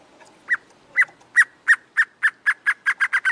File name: Canto do choca do acre